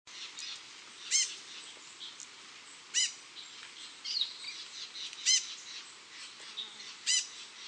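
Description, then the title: Rufous-headed tanager giving sharp, very high thin call notes every two seconds or so over a steady hiss of background noise, with fainter ticks between. Nominate subspecies ruficapilla. "LuckyPassaro Completos2Sama. Rufous-headed Tanager (Hemithraupis ruficapilla ruficapilla)"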